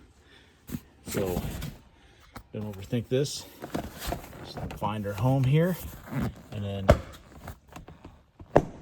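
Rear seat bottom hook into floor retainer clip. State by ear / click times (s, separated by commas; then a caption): seated / 8.6 s. Someone talks while the rear seat bottom of a first-generation (2011–2015) Chevy Volt is pressed down so its wire hook engages the retainer clip on the car floor. A few soft shuffling sounds follow, then a sharp, loud click at 8.6 s as the hook seats into the retainer.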